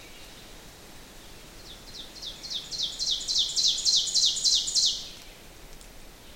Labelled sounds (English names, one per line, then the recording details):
Ovenbird song
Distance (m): 15 m
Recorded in boreal forest in Alberta, Canada, on 6 June 2016 at 07:57
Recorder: SongMeter 3, array SBT-3-51
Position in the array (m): 227 m, 155 m
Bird 28